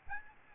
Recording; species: mosquito wingbeat signal from an infrared sensor; Aedes albopictus